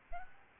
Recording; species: mosquito wingbeat signal from an infrared sensor; Aedes albopictus